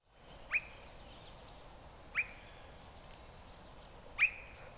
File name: swth whit